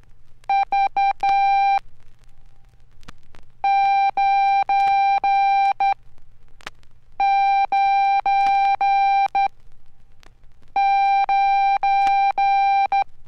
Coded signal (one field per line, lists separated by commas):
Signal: Morse code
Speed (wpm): 10 wpm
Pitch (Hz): 790 Hz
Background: none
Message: V 9 9 9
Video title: Bob Gunderson – Learn Code The Easy Way (Morse Code training record - Archer/Tandy/Radio Shack 1969)